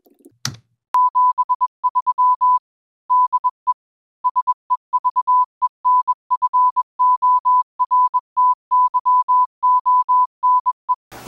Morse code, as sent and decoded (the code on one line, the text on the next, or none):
--... ...-- / -.. . / ... . ...- . -. ..-. --- .-. - -.-- --- -. .
73 DE SEVENFORTYONE